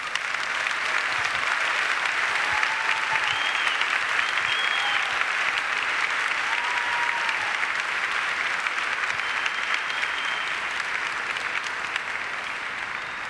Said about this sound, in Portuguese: Obrigado, porque seu aplauso diz que você entendeu.